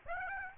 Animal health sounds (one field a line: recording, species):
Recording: mosquito wingbeat signal from an infrared sensor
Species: Aedes aegypti